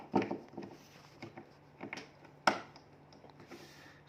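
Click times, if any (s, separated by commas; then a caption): 2.5 s. A speaker cable plug is inserted into an amplifier's output socket and twisted, making soft scraping and small knocks before a loud, sharp click at 2.5 s as it locks into place. The connector is seated and locked.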